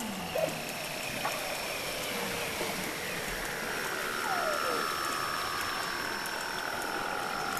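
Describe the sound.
Weddell seal long descending whistles glide slowly downward, layered with a thin high steady tone and a few short falling chirps.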